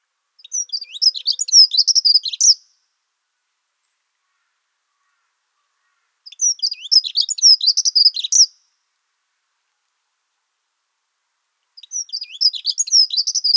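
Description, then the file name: Dunnock song: three quick, jumbled, high warbling phrases of about two seconds each, separated by roughly three- to four-second silences, with no other sounds heard. "prunella modularis"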